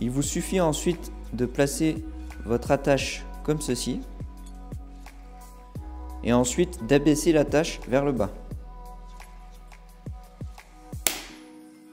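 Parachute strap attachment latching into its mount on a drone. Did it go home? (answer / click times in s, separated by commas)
yes / 11.1 s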